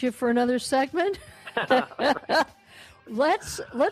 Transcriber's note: laughs